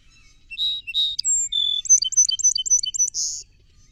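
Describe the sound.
Song sparrow phrase: two buzzy opening notes, a high whistle, a flat tone, a rapid trill, and a final rough buzz.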